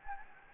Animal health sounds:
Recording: mosquito wingbeat signal from an infrared sensor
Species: Anopheles gambiae

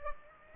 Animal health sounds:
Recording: mosquito wingbeat signal from an infrared sensor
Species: Culex pipiens

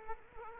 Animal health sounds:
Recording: mosquito wingbeat signal from an infrared sensor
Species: Culex quinquefasciatus

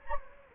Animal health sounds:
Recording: mosquito wingbeat signal from an infrared sensor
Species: Anopheles gambiae

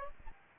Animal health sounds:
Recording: mosquito wingbeat signal from an infrared sensor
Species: Aedes albopictus

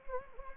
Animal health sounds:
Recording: mosquito wingbeat signal from an infrared sensor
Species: Anopheles gambiae

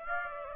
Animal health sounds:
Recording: mosquito wingbeat signal from an infrared sensor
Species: Aedes aegypti

